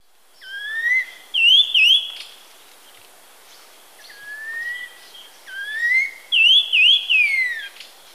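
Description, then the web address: Black-winged saltator song: clear slurred whistles rising in pitch and runs of quick zigzag whistled notes, the zigzag run given twice with a pause between. Ecuador. "Natures Songs S America Birds of Ecuador, Black-winged Saltator"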